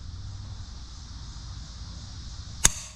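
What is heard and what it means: A teen applies steady pressure to a click-type torque wrench set to 88 ft-lb, tightening a lug nut on a car wheel over a steady low background hum. The wrench gives one sharp click at 2.7 s, showing the nut has reached the set torque.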